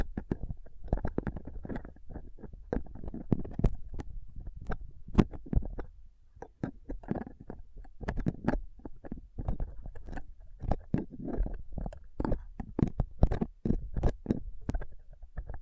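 Rough scraping and picking at a microphone with a dental pick, tweezers and cotton swab. Sharp scratchy clicks come in quick irregular bursts over a low rumbling bed, with a brief quieter lull around six seconds before the dense picking resumes.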